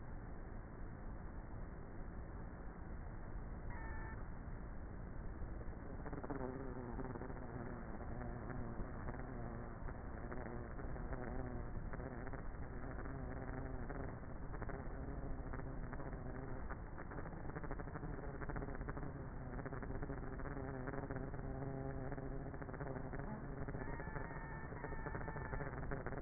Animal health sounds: honeybee colony, microphone inside the hive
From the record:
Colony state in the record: queenless with a low population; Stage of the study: before two queens were removed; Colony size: about 30,000 bees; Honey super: no

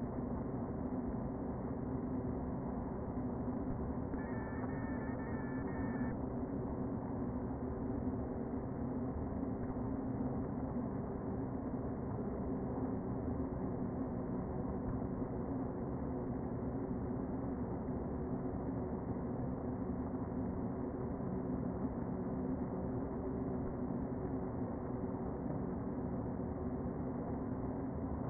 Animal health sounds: honeybee colony, microphone inside the hive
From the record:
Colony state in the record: queen present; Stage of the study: before two queens were removed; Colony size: about 60,000 bees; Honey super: yes

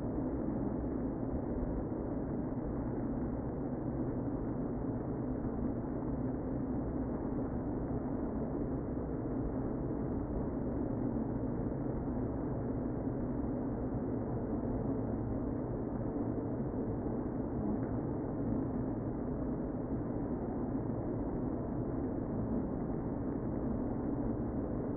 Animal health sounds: honeybee colony, microphone inside the hive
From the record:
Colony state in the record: queen present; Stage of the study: before two queens were removed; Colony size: about 60,000 bees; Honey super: yes

